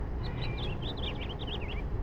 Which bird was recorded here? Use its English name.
House Finch